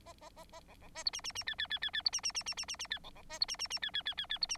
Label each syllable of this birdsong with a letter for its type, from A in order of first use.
A A A A B B C D E E E F F F F F D E E E E E E E F B B C D E E E F F F F F D E